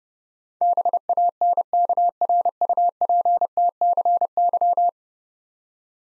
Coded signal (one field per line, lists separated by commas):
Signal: Morse code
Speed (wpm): 32 wpm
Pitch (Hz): 700 Hz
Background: none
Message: BANKRUPTCY